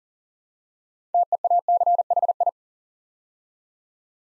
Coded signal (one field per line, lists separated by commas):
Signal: Morse code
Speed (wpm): 39 wpm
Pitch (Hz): 700 Hz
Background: none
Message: TEACHI